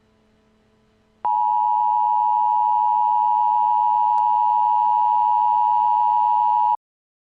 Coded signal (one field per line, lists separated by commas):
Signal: Emergency Alert System (SAME) tones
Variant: 853 and 960 Hz attention tone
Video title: EAS Scenario- The Trembling Thunder